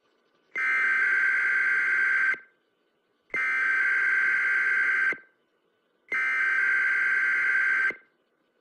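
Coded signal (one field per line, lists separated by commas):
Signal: Emergency Alert System (SAME) tones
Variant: header bursts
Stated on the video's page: Real national EAS test.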